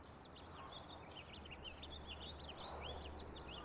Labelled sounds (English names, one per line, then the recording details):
House Finch song
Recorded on Long Island, New York, on 30 March 2011
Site LB
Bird A